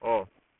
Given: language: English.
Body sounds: throat vibration sensor signal played as sound; speech

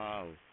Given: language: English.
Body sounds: throat vibration sensor signal played as sound; speech

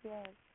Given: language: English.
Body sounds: throat vibration sensor signal played as sound; speech

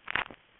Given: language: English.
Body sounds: throat vibration sensor signal played as sound; swallow

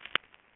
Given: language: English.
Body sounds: throat vibration sensor signal played as sound; swallow

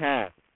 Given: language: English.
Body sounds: throat vibration sensor signal played as sound; speech

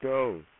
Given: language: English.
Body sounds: throat vibration sensor signal played as sound; speech

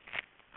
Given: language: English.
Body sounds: throat vibration sensor signal played as sound; swallow

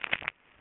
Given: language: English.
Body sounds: throat vibration sensor signal played as sound; swallow

